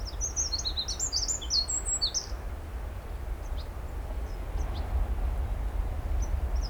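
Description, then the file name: Eurasian wren song, a brief rush of high, sharp notes and quick trills lasting about two seconds, followed by low rumbling background noise. "Troglodytes troglodytes"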